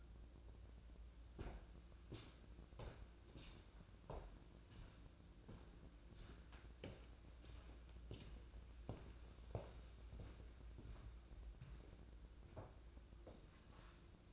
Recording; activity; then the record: daily activity, microphone in the room; walk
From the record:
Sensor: 2